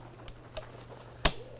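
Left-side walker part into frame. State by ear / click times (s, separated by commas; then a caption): seated / 1.3 s. A left-side part is pushed into the frame of a NOVA STAR 8 rolling walker, and its push-button lock engages with a sharp click at 1.2 seconds, seating the part. Two softer ticks come before it, at about 0.3 and 0.6 seconds, over a low steady hum.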